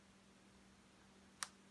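A clip-in hair extension's metal snap clip is pressed closed onto the natural hair near the root. Over a quiet background with a faint steady hum, one short, sharp click sounds at 1.4 seconds as the clip snaps shut and seats in place.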